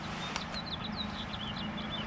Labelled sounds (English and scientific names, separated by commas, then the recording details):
House Finch (Haemorhous mexicanus) song
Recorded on Long Island, New York, on 21 April 2011
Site PW
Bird A